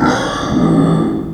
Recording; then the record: squeal of a Yucatan mini pig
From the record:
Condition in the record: before surgery on the right vocal fold (resection and tissue-engineered implant); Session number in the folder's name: 3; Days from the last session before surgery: 0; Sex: female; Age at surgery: 19 weeks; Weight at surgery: 25 kg